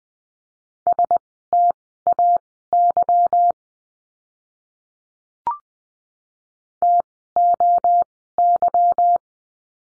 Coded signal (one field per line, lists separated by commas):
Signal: Morse code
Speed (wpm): 20 wpm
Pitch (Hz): 700 Hz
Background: none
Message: STAY TOY